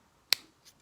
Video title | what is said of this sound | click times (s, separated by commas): Interceptor & GT650. How to disconnect the rectifier/regulator unit block connectors | until it clicks | 0.3 s